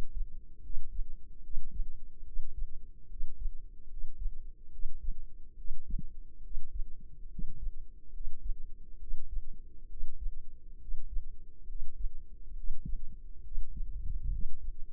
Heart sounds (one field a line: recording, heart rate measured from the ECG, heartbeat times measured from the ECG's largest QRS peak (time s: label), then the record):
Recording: heart sounds by microphone in the left ear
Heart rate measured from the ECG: 70 bpm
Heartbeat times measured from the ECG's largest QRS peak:
0.60 s: heartbeat
1.40 s: heartbeat
2.22 s: heartbeat
3.06 s: heartbeat
3.86 s: heartbeat
4.69 s: heartbeat
5.54 s: heartbeat
6.40 s: heartbeat
7.27 s: heartbeat
8.10 s: heartbeat
8.97 s: heartbeat
9.86 s: heartbeat
10.77 s: heartbeat
11.65 s: heartbeat
12.53 s: heartbeat
13.41 s: heartbeat
14.28 s: heartbeat
From the record:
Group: healthy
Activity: rest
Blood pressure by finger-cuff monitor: 120/67 mmHg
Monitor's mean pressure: 78 mmHg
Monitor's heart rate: 73 bpm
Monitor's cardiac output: 5.4 L/min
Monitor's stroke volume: 74 mL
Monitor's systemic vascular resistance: 1050 dyn s/cm5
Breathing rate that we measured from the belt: 16 breaths a minute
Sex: male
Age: 20 years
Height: 167 cm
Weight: 61 kg